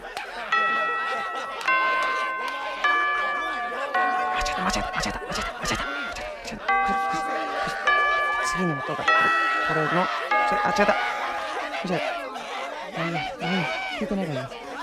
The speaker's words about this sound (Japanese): ちょっとチャイムが壊れてるから、チャイム鳴らさないと。手動やり方がこれをこうして、あして、あ、 OKOK、 よし。